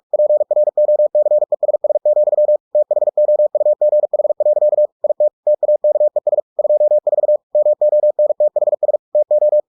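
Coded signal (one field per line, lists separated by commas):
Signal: Morse code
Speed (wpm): 46 wpm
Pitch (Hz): 600 Hz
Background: none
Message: PROCESS, THOUGH. IT TAKES 24 MONTHS TO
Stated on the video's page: Computer-generated Morse at 45 WPM, converted from a book with ebook2cw, for head-copy practice.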